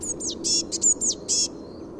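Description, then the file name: Eurasian blue tit gives a quick run of high, sharp descending notes and short buzzy churring bursts over a low steady hum. "Cyanistes caeruleus"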